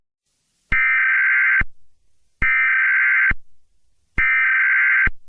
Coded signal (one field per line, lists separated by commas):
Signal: Emergency Alert System (SAME) tones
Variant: header bursts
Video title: NOAA Weather Radio Anti-Piracy Warning - An EAS Short Film